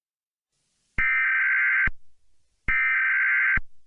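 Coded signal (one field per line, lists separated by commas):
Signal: Emergency Alert System (SAME) tones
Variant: header bursts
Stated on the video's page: Fictional EAS scenario.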